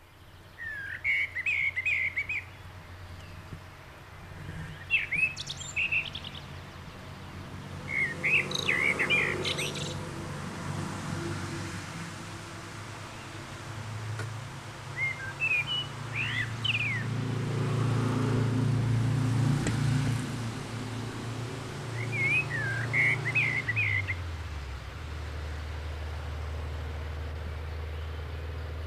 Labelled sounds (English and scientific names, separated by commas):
Common Blackbird (Turdus merula) song